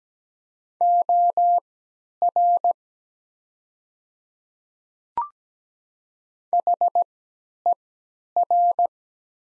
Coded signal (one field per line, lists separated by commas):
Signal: Morse code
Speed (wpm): 17 wpm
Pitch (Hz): 700 Hz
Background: none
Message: OR HER